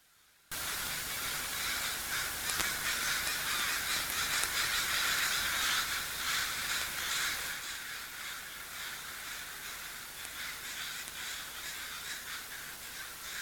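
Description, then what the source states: Crows break into loud massed cawing after a brief quiet start, harsh calls overlapping rapidly, easing slightly in the second half. Crow recorded at sea.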